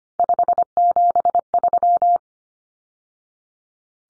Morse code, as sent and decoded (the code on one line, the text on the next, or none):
..... --... ...--
573